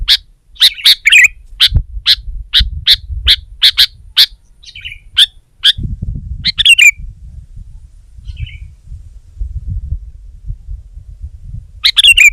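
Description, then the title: Sooty-headed bulbul giving sharp chirps in a quick series, then a few bubbly phrases, over a low rumbling background. "kutilang"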